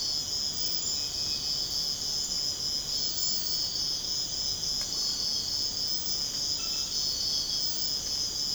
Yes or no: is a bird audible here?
no